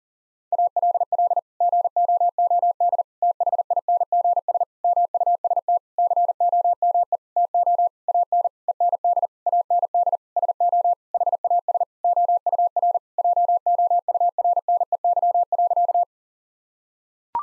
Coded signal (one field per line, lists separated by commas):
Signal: Morse code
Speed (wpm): 40 wpm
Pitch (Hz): 700 Hz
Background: none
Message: ALL GOOD THINGS MUST COME TO AN END AND SO HAS OUR JOURNEY.